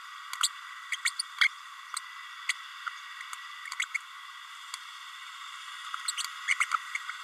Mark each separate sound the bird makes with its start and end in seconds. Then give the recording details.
0.42-0.48, 0.92-0.95, 1.05-1.10, 1.41-1.48, 2.49-2.53, 3.79-3.85, 3.94-3.97, 6.17-6.23, 6.47-6.54. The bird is a female. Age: 30 days. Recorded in a nest box in Venezuela. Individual 17B32A7